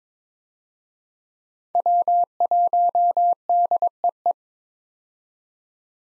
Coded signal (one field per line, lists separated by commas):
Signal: Morse code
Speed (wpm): 22 wpm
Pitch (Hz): 700 Hz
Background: none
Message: W1DEE